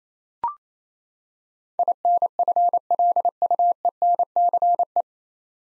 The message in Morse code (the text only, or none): INFLUENCE